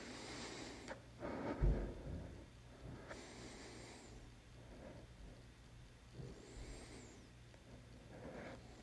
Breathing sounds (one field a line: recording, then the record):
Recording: deep breathing after running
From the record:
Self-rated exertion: moderate exertion (3 of 6)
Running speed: 8 miles an hour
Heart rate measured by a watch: 94 beats a minute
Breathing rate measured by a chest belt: 15 breaths a minute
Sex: male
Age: 27 years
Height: 185 cm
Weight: 76 kg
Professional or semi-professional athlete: no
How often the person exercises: over 5 times a week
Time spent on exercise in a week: over 5 hours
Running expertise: no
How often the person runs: over 5 times a week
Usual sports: running, weight training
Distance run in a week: 65 km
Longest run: 42 km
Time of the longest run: 214 minutes